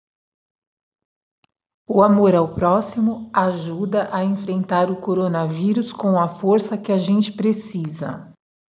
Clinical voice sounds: spoken sentence; Brazilian Portuguese; female; 40 to 49 years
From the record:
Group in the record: control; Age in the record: 49 years

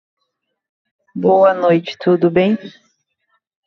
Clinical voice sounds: short text; Brazilian Portuguese; female; 40 to 49 years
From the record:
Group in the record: control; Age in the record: 41 years

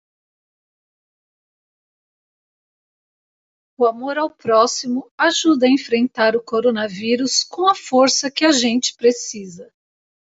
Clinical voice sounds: spoken sentence; Brazilian Portuguese; female; 50 to 59 years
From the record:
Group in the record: control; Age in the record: 57 years

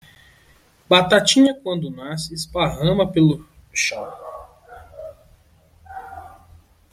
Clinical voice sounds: short text; Brazilian Portuguese; male; 20 to 29 years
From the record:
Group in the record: control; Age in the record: 26 years

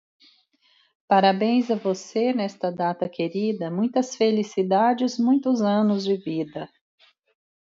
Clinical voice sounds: short text; Brazilian Portuguese; female; 40 to 49 years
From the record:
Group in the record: control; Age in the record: 48 years

